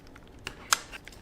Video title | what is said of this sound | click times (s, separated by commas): How to Replace Broken Thumbsticks on PS5 Controller (Fix Peeling) | all right so that's snapped into place now I have these four screws I have to place in | 0.5 s, 0.7 s